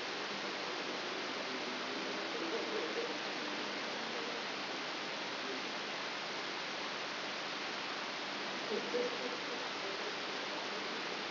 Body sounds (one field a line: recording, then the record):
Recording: brain microelectrode recording played as sound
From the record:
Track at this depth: inside the subthalamic nucleus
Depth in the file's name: 3.902 mm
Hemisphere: left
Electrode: 3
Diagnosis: Parkinson's disease